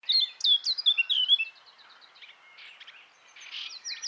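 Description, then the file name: Eurasian blackcap opening with several clear, sweeping whistled notes, then fading into softer, scratchy twitters before a final brief burst. "Sylvia atricapilla"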